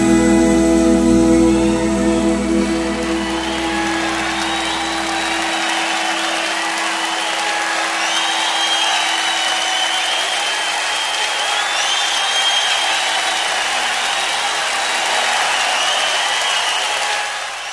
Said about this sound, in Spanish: Pues ahí están esos aplausos, seguramente y tan seguro, justificados para estos nuevos